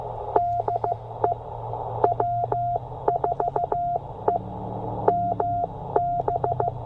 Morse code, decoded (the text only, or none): DE W4EMB